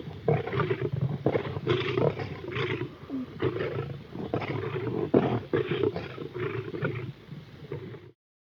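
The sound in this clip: Lions roaring and snarling in a fight, harsh growls and bursts overlapping in rapid succession, rising and falling throughout before stopping abruptly.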